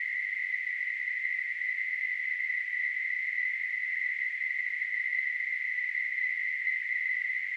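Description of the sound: A steady, unbroken high-pitched hiss centred on a narrow band around 2 kHz continues at an even level throughout. It is a simulated tinnitus sound, imitating the constant ringing or hissing heard in the ear without an outside source.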